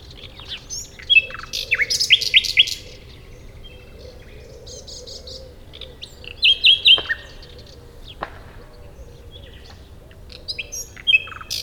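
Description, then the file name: Common nightingale song: short bursts of rapid, repeated high notes and sharp rattles, separated by pauses of a few seconds. "Luscinia megarhynchos"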